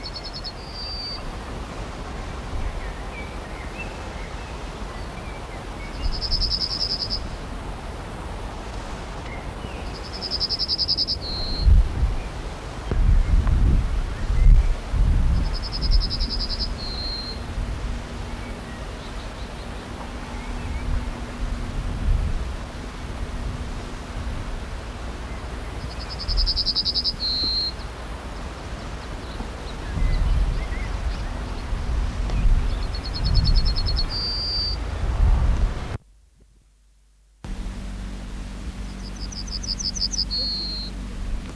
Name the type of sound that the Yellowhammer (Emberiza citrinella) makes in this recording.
song